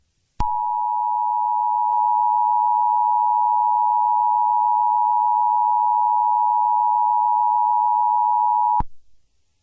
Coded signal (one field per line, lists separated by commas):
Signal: Emergency Alert System (SAME) tones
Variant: 853 and 960 Hz attention tone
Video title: EAS Mock: The Broadcaster (Origin)